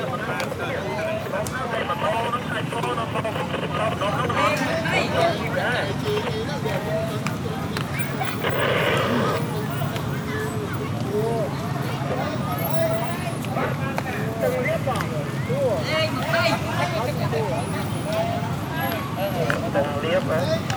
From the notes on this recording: recorded in and around Phnom Penh (Cambodia) during the "presidential" election period; Day & night.